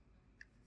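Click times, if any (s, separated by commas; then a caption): 0.4 s. Inside an opened hard disk drive, the small metal stopper latch that holds the read/write head arm is moved until it locks, giving a single sharp, short click at 0.4 s over a quiet background. The latch is seated, though in this drive it does not work very well.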